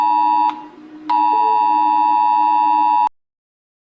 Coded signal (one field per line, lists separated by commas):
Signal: Emergency Alert System (SAME) tones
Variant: 853 and 960 Hz attention tone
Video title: Rating EAS alarms! //Part 4 and 5! // kinemaster